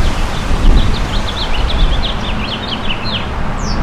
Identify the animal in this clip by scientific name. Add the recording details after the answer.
Haemorhous mexicanus. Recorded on Long Island, New York, on 11 June 2012. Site HB. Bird D